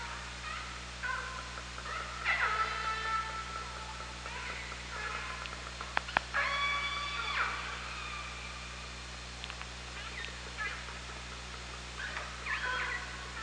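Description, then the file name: Orca pulsed calls, several harmonic squealing calls with a few clicks, over a steady low underwater hum. Recorded with a hydrophone on 24 August 2017. "Orca Lab"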